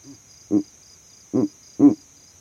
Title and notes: This Verreaux's eagle owl advertised his territory from the exact tree that I set up my overnight sound recording rig in.